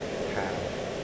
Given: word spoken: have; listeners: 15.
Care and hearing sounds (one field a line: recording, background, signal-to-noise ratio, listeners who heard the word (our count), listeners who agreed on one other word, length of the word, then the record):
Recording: one English word in noise, from a listening test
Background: speech-shaped noise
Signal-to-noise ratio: -4.5 dB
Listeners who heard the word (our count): 0 of 15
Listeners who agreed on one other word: 7 of 15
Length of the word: 0.64 s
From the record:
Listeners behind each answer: 7, 2, 2, 2, 1, 1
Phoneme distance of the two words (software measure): 27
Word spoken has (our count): 1 syllable, 3 phonemes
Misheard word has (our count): 1 syllable, 2 phonemes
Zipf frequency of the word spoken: 6.90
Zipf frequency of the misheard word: 4.44